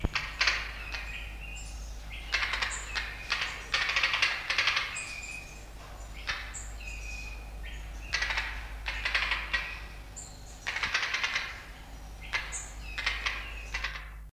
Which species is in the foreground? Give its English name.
White-headed Woodhoopoe